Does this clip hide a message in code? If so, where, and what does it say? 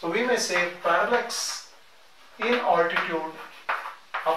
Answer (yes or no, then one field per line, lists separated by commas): no